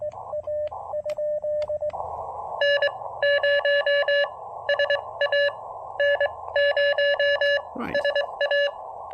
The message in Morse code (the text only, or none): N0SA N0SA